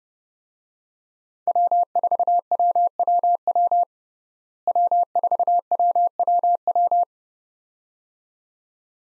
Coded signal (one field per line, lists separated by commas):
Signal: Morse code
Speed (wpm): 30 wpm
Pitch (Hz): 700 Hz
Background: none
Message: W4WWW W4WWW